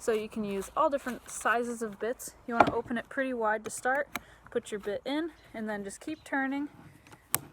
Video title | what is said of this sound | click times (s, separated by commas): What's In the Toolbox? Ep. 1 Power drills! | you hear nice clicks and you know that's nice and secure there | 7.1 s, 7.3 s